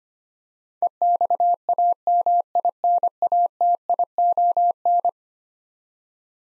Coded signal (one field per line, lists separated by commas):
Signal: Morse code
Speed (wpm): 25 wpm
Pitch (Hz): 700 Hz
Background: none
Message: EXAMINATION